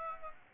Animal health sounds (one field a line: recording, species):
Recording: mosquito wingbeat signal from an infrared sensor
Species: Aedes aegypti